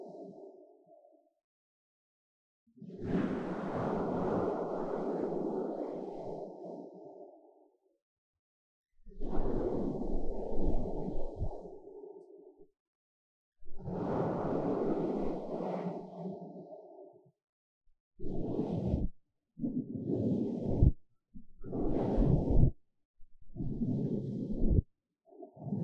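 Foam is rubbed against a microphone ear in full, muffled strokes: three long sweeps of about three seconds each with short silences between, then quicker squeezes about once a second toward the end. The sound is low and thick with a soft crackly edge.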